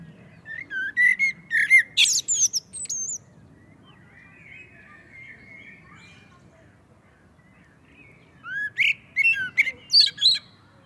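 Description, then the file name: Common blackbird song in two phrases separated by a long pause, each a run of rich whistles ending in thin, high twittering. "Turdus merula"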